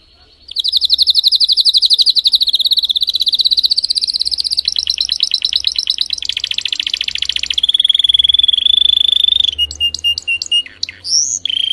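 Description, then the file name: Canary (Spanish Timbrado): canary song with rolling, rapid trills changing tempo several times, then a smoother sustained run, then sharp scattered chips and short bursts at the close. Spanish Timbrado breed of domestic canary, called canário belga in the Portuguese title; singing. "canto do canario belga timbrado espanhol"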